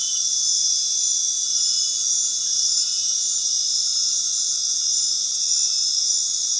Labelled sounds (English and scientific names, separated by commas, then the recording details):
none
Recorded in dense forest near Puerto Asís, Putumayo, Colombia, on 20 February 2024 at 21:00
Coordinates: 0.499, -76.324
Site G6469